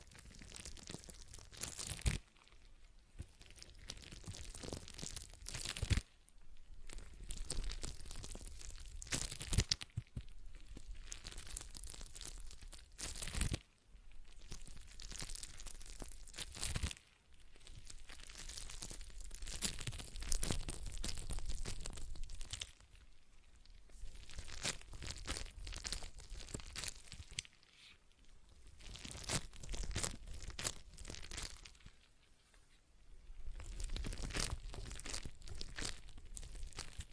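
A stress ball is squeezed and worked in repeated bouts of crinkly, crunchy handling noise, each lasting a few seconds with brief quiet gaps between. Sharp louder squeezes stand out around 2, 6, 10, 13 and 17 seconds, and the texture stays bright and scratchy throughout.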